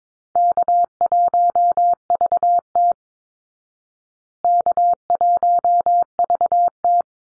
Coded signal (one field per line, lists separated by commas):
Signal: Morse code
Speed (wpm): 22 wpm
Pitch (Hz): 700 Hz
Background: none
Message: K1VT K1VT